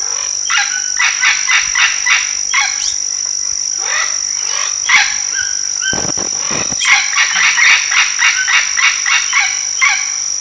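Bird calls, harsh clipped notes given in quick irregular runs, with a steady high electronic whine throughout.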